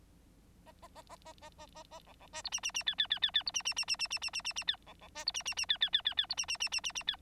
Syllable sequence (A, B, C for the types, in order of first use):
A A A A A A A A A B B C D E E E F F F F F D E E E E E E E E E E F B B C D E E E F F F F F D E E E E E E F